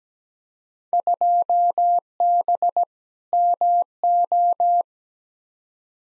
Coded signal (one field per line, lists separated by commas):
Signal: Morse code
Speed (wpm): 17 wpm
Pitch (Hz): 700 Hz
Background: none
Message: 2B MO